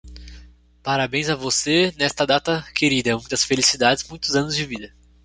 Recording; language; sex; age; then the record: short text; Brazilian Portuguese; male; 20 to 29 years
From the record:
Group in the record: control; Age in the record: 22 years